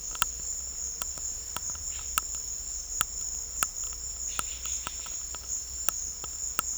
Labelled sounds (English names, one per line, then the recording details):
none
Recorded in secondary vegetation near Puerto Asís, Putumayo, Colombia, on 21 December 2024 at 12:30
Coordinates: 0.488, -76.319
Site GP04